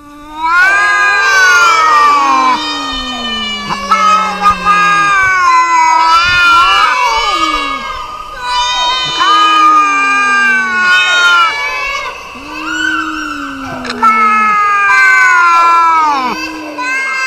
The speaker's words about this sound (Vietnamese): Cháu có thể tưởng tượng được hơn trăm con mèo cùng rít gào là cảnh tượng như thế nào không? Chúng ta nghe mà cơn như sắp phát điên.